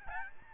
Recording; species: mosquito wingbeat signal from an infrared sensor; Aedes albopictus